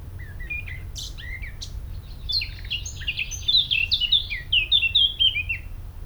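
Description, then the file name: Eurasian blackcap singing a brief subdued warble that swells into loud, clear, melodious fluted notes repeated in a quick, varied sequence, with low steady background noise. "Sylvia atricapilla"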